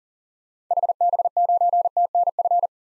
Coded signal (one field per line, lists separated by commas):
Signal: Morse code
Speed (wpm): 40 wpm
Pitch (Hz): 700 Hz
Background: none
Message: HB9TNF